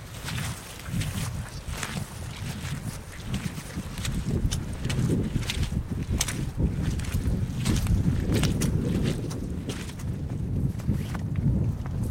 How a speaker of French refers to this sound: Alors que le vent souffle sur cette colline, est-ce qu'on peut se rapprocher un peu du sommet de la colline? Oui. Pour avoir encore plus de vent.